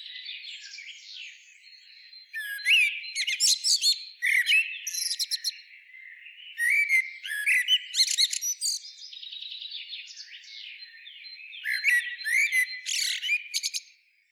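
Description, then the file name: Eurasian blackbird giving short fluted phrases mixed with high squeaky twitters in bursts, with quieter gaps between. "Turdus merula"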